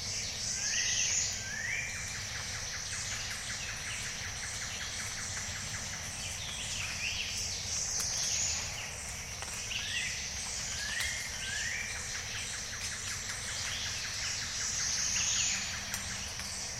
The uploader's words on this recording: Morning at Jessamine Bayou. Jessamine Bayou is a seasonally flooded forest in the heart of America's Amazon, the Mobile-Tensaw River Delta. These recordings are taken from overnight "drop rigs" left at the edge of a tributary surrounded cypress swamp and adjacent to a field of saw palmetto. In the evening a diffuse chorus of bird-voiced treefrogs. Recorded June 16-17 2021 in the Mobile-Tensaw Delta of Alabama by David Michael and Michael Clemow.